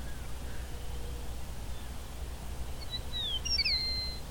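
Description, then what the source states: Meadowlark song: a short phrase of clear, whistled, downward-slurring notes near the end over a steady low rumble. Clear day with little wind; the bird was unseen and let the recordist approach fairly close.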